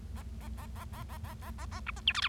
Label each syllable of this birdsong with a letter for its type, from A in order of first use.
A A A A A A A A A A B C D E F